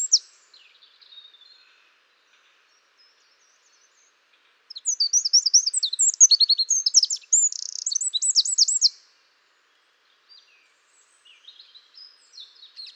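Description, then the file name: Eurasian wren giving a loud burst of fast, high trilled song lasting about four seconds, with faint soft notes before and after. "Troglodytes troglodytes"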